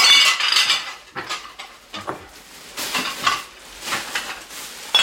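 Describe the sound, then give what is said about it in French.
Everyday glassware clinks and clatters as pieces are handled and sorted, a busy run of bright, overlapping chinks and scrapes with uneven rhythm and no talking. “Là, on est sur de la verrerie classique de tous les jours.”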